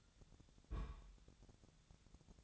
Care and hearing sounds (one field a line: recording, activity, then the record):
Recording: daily activity, microphone in the room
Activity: place on stove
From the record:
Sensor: 3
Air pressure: 999.3 hPa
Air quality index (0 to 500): 196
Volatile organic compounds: 43 ppm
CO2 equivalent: 3189 ppm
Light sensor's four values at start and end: 7/17/7/7 and 7/18/7/7